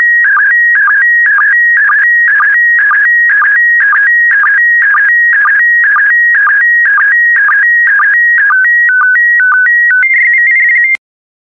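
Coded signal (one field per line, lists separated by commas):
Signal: SSTV (slow-scan television)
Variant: PD120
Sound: warbling tone lines repeating about twice a second, ending in steady stepped header tones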